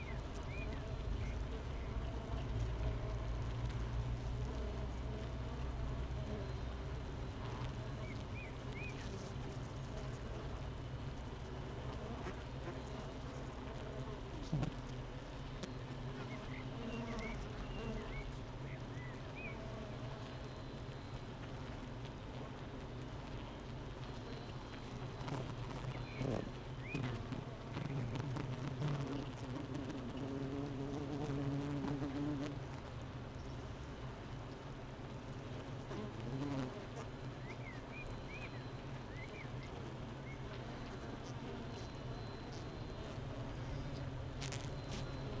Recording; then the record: honeybee colony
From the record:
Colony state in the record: missing queen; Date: 31 May 2018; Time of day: 8:56